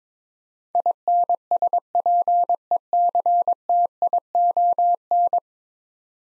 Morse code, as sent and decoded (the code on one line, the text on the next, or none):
.. -. ... .--. . -.-. - .. --- -.
INSPECTION